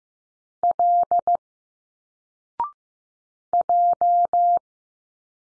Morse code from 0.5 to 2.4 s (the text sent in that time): L